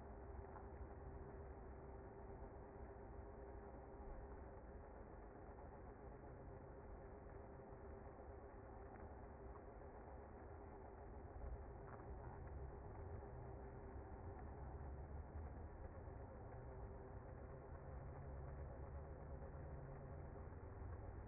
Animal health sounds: honeybee colony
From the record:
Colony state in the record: active

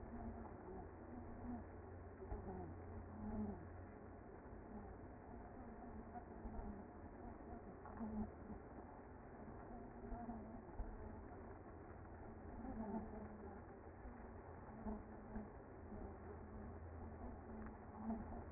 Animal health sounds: honeybee colony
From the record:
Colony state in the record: active

